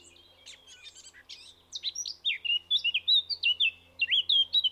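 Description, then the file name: Eurasian blackcap song, a scratchy warble of mixed notes followed by a louder run of clear, fluty whistled phrases. "Sylvia atricapilla"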